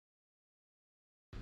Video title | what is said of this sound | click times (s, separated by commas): Peugeot 308 véhicule aménagé - vérifications intérieures & extérieures + Sécurité routière | Le capot est bien verrouillé. | 1.3 s